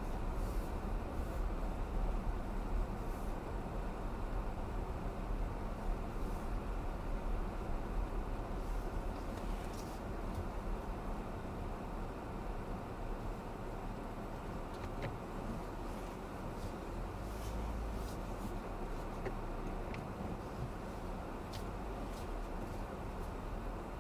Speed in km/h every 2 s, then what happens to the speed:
15, 15, 13, 13, 11, 6, 3, 0, 0, 2, 0, 2.
0-7 steady at about 13. 7-13 slows to 0. 13-22 standing.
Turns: none.